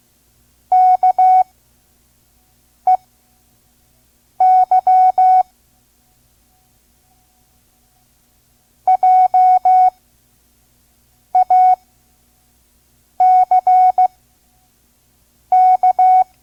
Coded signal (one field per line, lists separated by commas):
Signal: Morse code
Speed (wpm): 16 wpm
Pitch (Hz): 740 Hz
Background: none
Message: KEY JACK